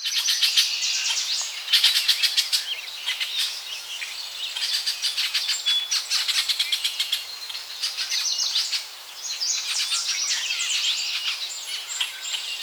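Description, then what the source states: Birds calling and singing in a busy chorus: many high, thin chirps and trills overlap throughout, with some sharp repeated notes standing out. Recorded in forest in the early morning at Saguenay, Quebec, Canada.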